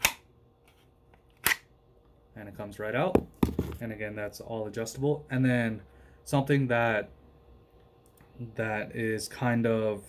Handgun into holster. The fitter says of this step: for forty dollars this is an amazing holster it has a very tactile click as you can hear